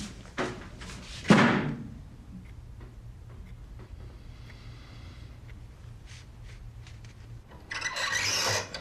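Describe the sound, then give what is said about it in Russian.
A room door is eased open carefully: a latch click, then a heavier thump, followed by faint scattered ticks and a soft, breathy rubbing sweep near the end. No one speaks. “Комнату открывает осторожно дверь Лёша.”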